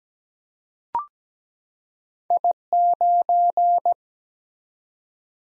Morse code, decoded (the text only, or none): I9